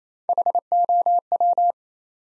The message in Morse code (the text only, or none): HOW